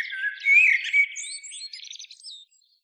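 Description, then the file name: Common blackbird song: a single phrase of low fluty warbled notes that breaks into a thin, squeaky twitter, then stops into silence. "Turdus merula"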